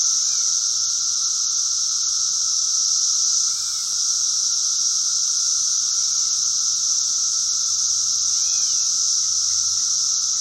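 Continuous high cicada buzzing throughout, overlaid by scattered brief curved chirps at several moments.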